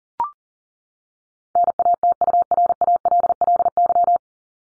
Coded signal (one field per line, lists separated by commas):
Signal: Morse code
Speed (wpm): 40 wpm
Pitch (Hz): 700 Hz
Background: none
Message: NATURALLY